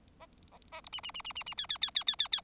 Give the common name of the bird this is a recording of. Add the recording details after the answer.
Bengalese Finch. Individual Bird4